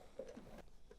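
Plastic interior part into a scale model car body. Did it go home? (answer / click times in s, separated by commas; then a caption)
no / none. A plastic interior part is handled and pressed toward the body of an Ecto-1 scale model car, making soft rustling and tapping handling noises with a brief knock near 0.2 s. Nothing has seated or clicked into place yet.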